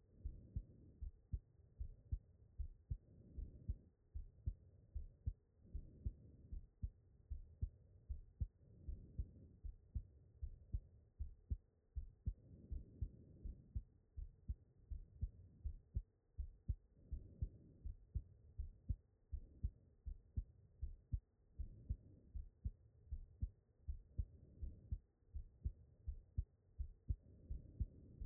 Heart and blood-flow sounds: heart sounds by stethoscope; pulmonary valve (PV)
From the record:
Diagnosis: non-HFrEF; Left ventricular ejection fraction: 67%

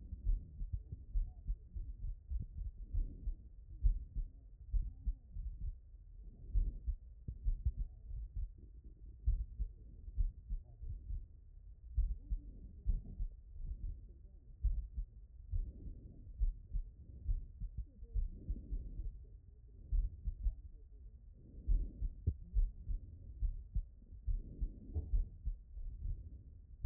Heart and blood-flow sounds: heart sounds by stethoscope; tricuspid valve (TV)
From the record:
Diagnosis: HFrEF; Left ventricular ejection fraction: 29%

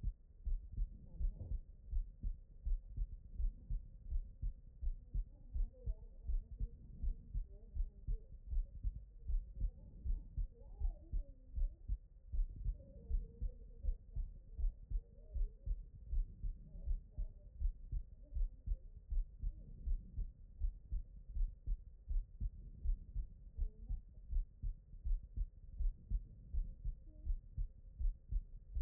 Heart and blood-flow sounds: heart sounds by stethoscope; pulmonary valve (PV)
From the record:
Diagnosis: non-HFrEF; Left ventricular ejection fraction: 78%

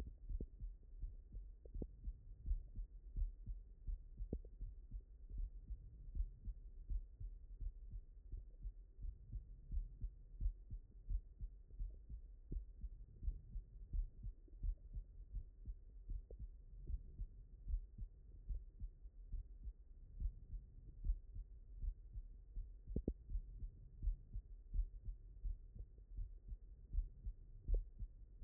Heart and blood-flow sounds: heart sounds by stethoscope; mitral valve (MV)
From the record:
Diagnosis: non-HFrEF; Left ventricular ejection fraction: 67%

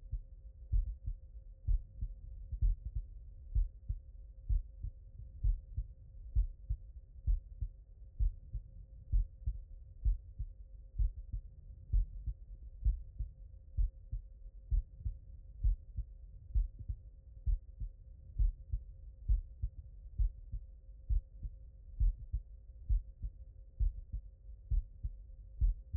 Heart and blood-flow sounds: heart sounds by stethoscope; mitral valve (MV)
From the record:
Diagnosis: non-HFrEF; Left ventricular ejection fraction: 60%

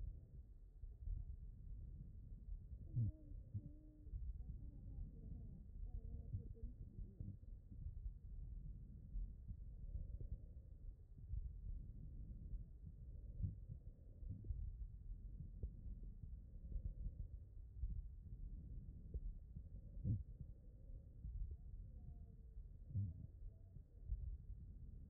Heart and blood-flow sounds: heart sounds by stethoscope; aortic valve (AV)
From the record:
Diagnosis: non-HFrEF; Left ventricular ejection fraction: 64%

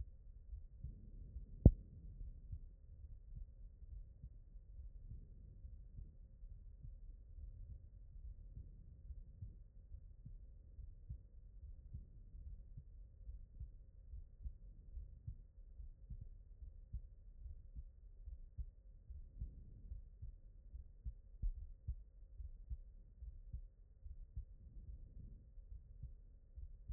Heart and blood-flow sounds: heart sounds by stethoscope; aortic valve (AV)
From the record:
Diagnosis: non-HFrEF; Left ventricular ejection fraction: 58%

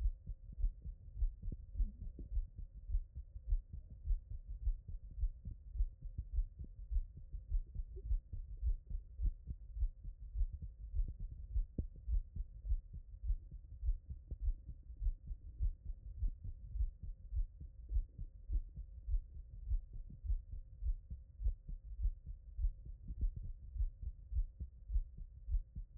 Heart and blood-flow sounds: heart sounds by stethoscope; tricuspid valve (TV)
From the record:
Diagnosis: non-HFrEF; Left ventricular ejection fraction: 70%

